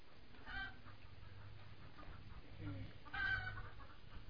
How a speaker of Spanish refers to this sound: Oía el cacareo de las gallinas y me daban ganas de ir a recoger los huevos antes de que se los comieran los conejos.